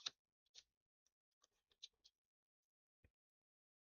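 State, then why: Seated. After being hard to open, a snap-fit part on a Nintendo Switch handheld console or accessory is closed again and clicks back into place with a sharp click at 0.1 s. Fainter ticks and clicks follow at about 0.6, 1.8 and 2.1 s, and a dull, low thump comes near 3.0 s. The part is seated and still clicks in place.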